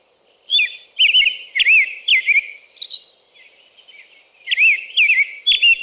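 American robin singing loudly: rich, liquid whistled phrases that swoop up and down, given in two bursts with a short gap between.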